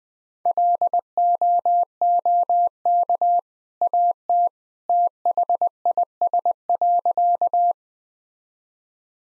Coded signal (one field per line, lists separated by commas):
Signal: Morse code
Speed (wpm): 20 wpm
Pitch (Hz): 700 Hz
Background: none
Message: LOOK AT THIS.